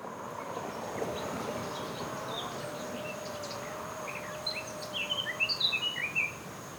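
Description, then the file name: Eurasian blackcap song: scattered soft notes, then a fast warbled phrase of bright chirps toward the end, over a low steady hum and hiss. "Sylvia atricapilla"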